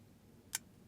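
A folding knife blade is opened again and its lock engages the blade tang in the handle, pulling itself into place. A single sharp, bright click sounds at 0.6 s over a quiet low background. The lock seats fully.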